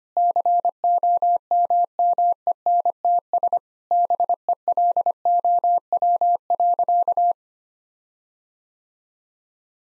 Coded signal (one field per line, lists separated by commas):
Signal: Morse code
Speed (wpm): 25 wpm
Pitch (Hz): 700 Hz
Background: none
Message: COMMENTS BELOW.